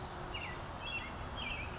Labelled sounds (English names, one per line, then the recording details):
American Robin
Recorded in Sonoma County, California